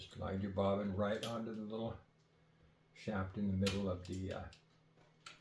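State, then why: Seated. A metal bobbin is slid onto the centre shaft of the bobbin race of a vintage Florence rotary sewing machine while someone talks. A single sharp tick at 5.3 s marks the bobbin clicking into place, where it stays put until the release lever is flipped.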